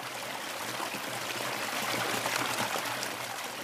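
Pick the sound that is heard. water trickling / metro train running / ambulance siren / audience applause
water trickling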